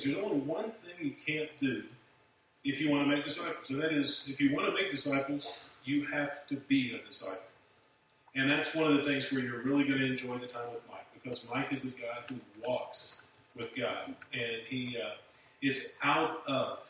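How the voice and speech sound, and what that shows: Clear, fluent adult speech at a natural pace and pitch: one speaker introducing a guest. No voice or speech disorder.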